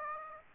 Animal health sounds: mosquito wingbeat signal from an infrared sensor; Aedes aegypti

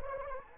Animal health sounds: mosquito wingbeat signal from an infrared sensor; Anopheles arabiensis

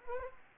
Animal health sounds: mosquito wingbeat signal from an infrared sensor; Anopheles arabiensis

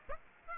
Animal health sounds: mosquito wingbeat signal from an infrared sensor; Aedes aegypti

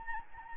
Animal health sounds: mosquito wingbeat signal from an infrared sensor; Anopheles gambiae

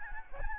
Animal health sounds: mosquito wingbeat signal from an infrared sensor; Aedes albopictus

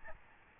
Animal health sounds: mosquito wingbeat signal from an infrared sensor; Aedes albopictus

